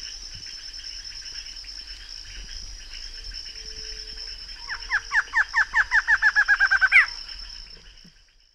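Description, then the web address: Barred antshrike song after a quiet start: a quickening series of nasal notes ending in an upslurred final note, against a continuous high hum. Recorded in the Pantanal. "sescpantanal. Choca barrada"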